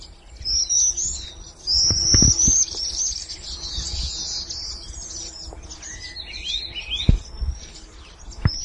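Black-throated parrotbill calls: thin, very high chirping twitters in bursts, with a lower twittering phrase near the end and scattered low thumps.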